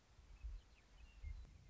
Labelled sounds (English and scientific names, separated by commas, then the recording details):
Western Meadowlark (Sturnella neglecta)
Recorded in Sonoma County, California